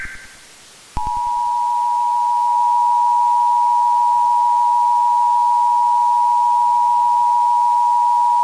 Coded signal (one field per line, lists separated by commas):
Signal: Emergency Alert System (SAME) tones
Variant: 853 and 960 Hz attention tone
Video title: Come Outside (EAS Scenario)